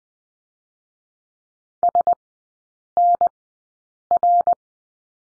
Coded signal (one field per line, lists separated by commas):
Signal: Morse code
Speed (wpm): 20 wpm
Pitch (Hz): 700 Hz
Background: none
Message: SNR